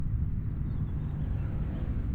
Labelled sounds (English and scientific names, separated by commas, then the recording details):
House Finch (Haemorhous mexicanus) song
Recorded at Wantagh on Long Island, New York, on 21 May 1975
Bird G